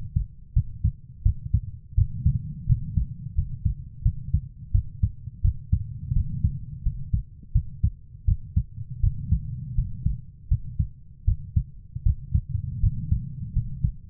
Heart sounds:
heart sounds by stethoscope; 83 bpm
0.54 s: heartbeat
1.23 s: heartbeat
1.95 s: heartbeat
2.67 s: heartbeat
3.35 s: heartbeat
4.03 s: heartbeat
4.72 s: heartbeat
5.42 s: heartbeat
6.13 s: heartbeat
6.83 s: heartbeat
7.52 s: heartbeat
8.25 s: heartbeat
9.01 s: heartbeat
9.75 s: heartbeat
10.48 s: heartbeat
11.25 s: heartbeat
12.03 s: heartbeat
12.80 s: heartbeat
13.53 s: heartbeat
From the record:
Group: healthy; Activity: rest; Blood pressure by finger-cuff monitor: 129/77 mmHg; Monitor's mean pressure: 93 mmHg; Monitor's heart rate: 83 bpm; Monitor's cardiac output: 6.9 L/min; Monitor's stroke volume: 82 mL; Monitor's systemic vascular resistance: 1000 dyn s/cm5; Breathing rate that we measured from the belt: 18 breaths a minute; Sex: female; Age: 24 years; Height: 163 cm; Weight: 55.7 kg

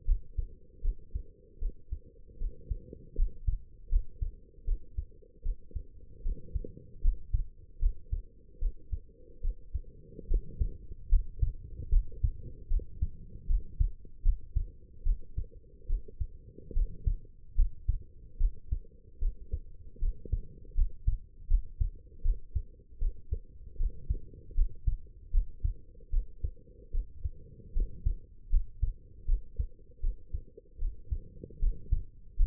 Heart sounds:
heart sounds by stethoscope; 76 bpm
0.05 s: heartbeat
0.81 s: heartbeat
1.59 s: heartbeat
2.38 s: heartbeat
3.15 s: heartbeat
3.89 s: heartbeat
4.64 s: heartbeat
5.42 s: heartbeat
6.22 s: heartbeat
7.01 s: heartbeat
7.79 s: heartbeat
8.58 s: heartbeat
9.41 s: heartbeat
10.27 s: heartbeat
11.09 s: heartbeat
11.89 s: heartbeat
12.67 s: heartbeat
13.46 s: heartbeat
14.22 s: heartbeat
15.03 s: heartbeat
15.86 s: heartbeat
16.73 s: heartbeat
17.55 s: heartbeat
18.37 s: heartbeat
19.19 s: heartbeat
19.99 s: heartbeat
20.74 s: heartbeat
21.47 s: heartbeat
22.22 s: heartbeat
22.98 s: heartbeat
23.77 s: heartbeat
24.54 s: heartbeat
25.31 s: heartbeat
26.10 s: heartbeat
26.91 s: heartbeat
27.73 s: heartbeat
28.49 s: heartbeat
29.25 s: heartbeat
30.00 s: heartbeat
30.78 s: heartbeat
31.59 s: heartbeat
32.36 s: heartbeat
From the record:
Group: healthy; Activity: rest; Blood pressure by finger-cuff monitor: 109/72 mmHg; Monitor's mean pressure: 82 mmHg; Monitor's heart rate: 77 bpm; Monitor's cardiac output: 5.7 L/min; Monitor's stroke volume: 75 mL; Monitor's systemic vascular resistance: 1040 dyn s/cm5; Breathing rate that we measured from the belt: 17 breaths a minute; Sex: female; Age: 23 years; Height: 160 cm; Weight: 50.4 kg

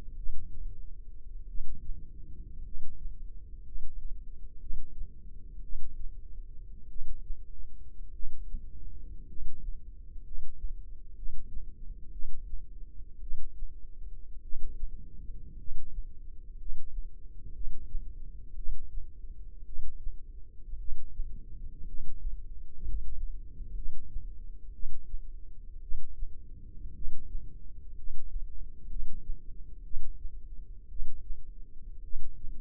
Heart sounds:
heart sounds by microphone in the left ear; 56 bpm
0.15 s: heartbeat
1.46 s: heartbeat
2.62 s: heartbeat
3.62 s: heartbeat
4.58 s: heartbeat
5.61 s: heartbeat
6.87 s: heartbeat
8.11 s: heartbeat
9.26 s: heartbeat
10.22 s: heartbeat
11.14 s: heartbeat
12.10 s: heartbeat
13.19 s: heartbeat
14.41 s: heartbeat
15.56 s: heartbeat
16.56 s: heartbeat
17.52 s: heartbeat
18.54 s: heartbeat
19.64 s: heartbeat
20.77 s: heartbeat
21.84 s: heartbeat
22.81 s: heartbeat
23.73 s: heartbeat
24.71 s: heartbeat
25.80 s: heartbeat
26.92 s: heartbeat
27.94 s: heartbeat
28.87 s: heartbeat
29.82 s: heartbeat
30.88 s: heartbeat
32.01 s: heartbeat
From the record:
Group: healthy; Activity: Valsalva maneuver 0-2 s, rest 2-33 s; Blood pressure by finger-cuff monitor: 146/69 mmHg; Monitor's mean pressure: 91 mmHg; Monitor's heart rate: 57 bpm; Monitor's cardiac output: 5.7 L/min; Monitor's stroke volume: 101 mL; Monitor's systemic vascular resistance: 1190 dyn s/cm5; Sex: male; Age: 25 years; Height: 170 cm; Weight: 70.4 kg

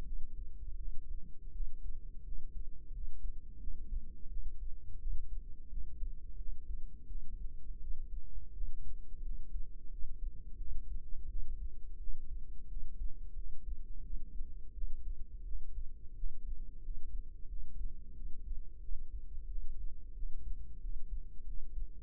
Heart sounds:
heart sounds by microphone in the right ear; 87 bpm
0.03 s: heartbeat
0.76 s: heartbeat
1.51 s: heartbeat
2.23 s: heartbeat
2.91 s: heartbeat
3.58 s: heartbeat
4.28 s: heartbeat
4.98 s: heartbeat
5.68 s: heartbeat
6.36 s: heartbeat
7.06 s: heartbeat
7.78 s: heartbeat
8.52 s: heartbeat
9.22 s: heartbeat
9.89 s: heartbeat
10.57 s: heartbeat
11.27 s: heartbeat
11.98 s: heartbeat
12.67 s: heartbeat
13.34 s: heartbeat
14.01 s: heartbeat
14.72 s: heartbeat
15.43 s: heartbeat
16.14 s: heartbeat
16.81 s: heartbeat
17.47 s: heartbeat
18.13 s: heartbeat
18.80 s: heartbeat
19.46 s: heartbeat
20.13 s: heartbeat
20.80 s: heartbeat
21.44 s: heartbeat
From the record:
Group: healthy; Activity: rest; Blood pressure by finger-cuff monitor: 85/46 mmHg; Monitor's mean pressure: 61 mmHg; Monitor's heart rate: 87 bpm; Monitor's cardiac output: 8.7 L/min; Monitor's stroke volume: 100 mL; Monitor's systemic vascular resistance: 490 dyn s/cm5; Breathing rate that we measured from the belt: 16 breaths a minute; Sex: female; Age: 22 years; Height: 161 cm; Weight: 65.5 kg

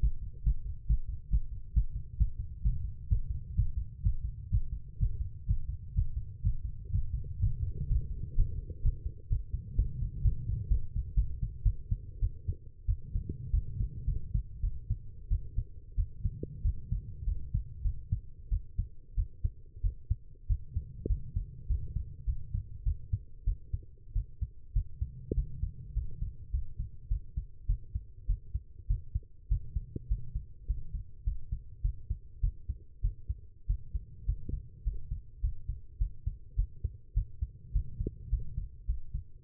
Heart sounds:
heart sounds by stethoscope; 108 bpm
0.42 s: heartbeat
0.86 s: heartbeat
1.29 s: heartbeat
1.72 s: heartbeat
2.17 s: heartbeat
2.61 s: heartbeat
3.07 s: heartbeat
3.54 s: heartbeat
4.02 s: heartbeat
4.50 s: heartbeat
4.98 s: heartbeat
5.46 s: heartbeat
5.94 s: heartbeat
6.42 s: heartbeat
6.91 s: heartbeat
7.39 s: heartbeat
7.88 s: heartbeat
8.35 s: heartbeat
8.82 s: heartbeat
9.29 s: heartbeat
9.76 s: heartbeat
10.23 s: heartbeat
10.69 s: heartbeat
11.15 s: heartbeat
11.64 s: heartbeat
12.20 s: heartbeat
12.87 s: heartbeat
13.52 s: heartbeat
14.06 s: heartbeat
14.61 s: heartbeat
15.29 s: heartbeat
15.96 s: heartbeat
16.63 s: heartbeat
17.25 s: heartbeat
17.83 s: heartbeat
18.50 s: heartbeat
19.16 s: heartbeat
19.82 s: heartbeat
20.48 s: heartbeat
21.08 s: heartbeat
21.68 s: heartbeat
22.26 s: heartbeat
22.84 s: heartbeat
23.45 s: heartbeat
24.14 s: heartbeat
24.74 s: heartbeat
25.35 s: heartbeat
25.94 s: heartbeat
26.52 s: heartbeat
27.09 s: heartbeat
27.67 s: heartbeat
28.27 s: heartbeat
28.88 s: heartbeat
29.49 s: heartbeat
30.09 s: heartbeat
30.67 s: heartbeat
31.25 s: heartbeat
31.82 s: heartbeat
32.41 s: heartbeat
33.02 s: heartbeat
33.67 s: heartbeat
34.26 s: heartbeat
34.84 s: heartbeat
35.41 s: heartbeat
35.99 s: heartbeat
36.56 s: heartbeat
37.14 s: heartbeat
37.73 s: heartbeat
38.30 s: heartbeat
38.87 s: heartbeat
39.43 s: heartbeat
From the record:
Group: healthy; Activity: Valsalva maneuver 0-5 s, rest 5-40 s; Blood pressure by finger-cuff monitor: 131/84 mmHg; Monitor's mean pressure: 99 mmHg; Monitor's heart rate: 104 bpm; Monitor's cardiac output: 8.2 L/min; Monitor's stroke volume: 79 mL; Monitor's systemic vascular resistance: 900 dyn s/cm5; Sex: female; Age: 19 years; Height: 163 cm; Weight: 51 kg

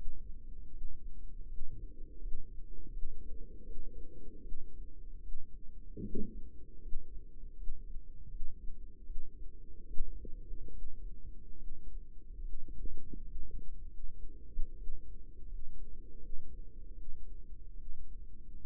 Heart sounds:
heart sounds by microphone in the right ear; 77 bpm
0.69 s: heartbeat
1.45 s: heartbeat
2.18 s: heartbeat
2.89 s: heartbeat
3.62 s: heartbeat
4.40 s: heartbeat
5.19 s: heartbeat
6.00 s: heartbeat
6.78 s: heartbeat
7.53 s: heartbeat
8.27 s: heartbeat
9.03 s: heartbeat
9.84 s: heartbeat
10.69 s: heartbeat
11.55 s: heartbeat
12.40 s: heartbeat
13.22 s: heartbeat
13.84 s: heartbeat
14.74 s: heartbeat
15.44 s: heartbeat
16.16 s: heartbeat
16.92 s: heartbeat
17.72 s: heartbeat
18.59 s: heartbeat
From the record:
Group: healthy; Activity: rest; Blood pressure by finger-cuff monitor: 105/62 mmHg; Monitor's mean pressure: 74 mmHg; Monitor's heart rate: 78 bpm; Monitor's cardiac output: 6.7 L/min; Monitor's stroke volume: 88 mL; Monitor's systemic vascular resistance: 770 dyn s/cm5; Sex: female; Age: 22 years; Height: 171 cm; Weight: 65.6 kg

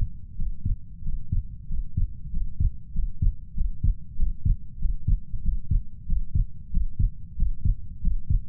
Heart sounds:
heart sounds by stethoscope; 94 bpm
0.35 s: heartbeat
1.02 s: heartbeat
1.67 s: heartbeat
2.30 s: heartbeat
2.92 s: heartbeat
3.54 s: heartbeat
4.16 s: heartbeat
4.78 s: heartbeat
5.41 s: heartbeat
6.06 s: heartbeat
6.70 s: heartbeat
7.36 s: heartbeat
8.01 s: heartbeat
From the record:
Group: healthy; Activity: Valsalva maneuver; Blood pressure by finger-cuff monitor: 82/57 mmHg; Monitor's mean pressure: 65 mmHg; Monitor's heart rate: 94 bpm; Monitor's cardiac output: 6.8 L/min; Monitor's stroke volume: 73 mL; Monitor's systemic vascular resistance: 680 dyn s/cm5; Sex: female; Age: 19 years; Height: 163 cm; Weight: 48.9 kg

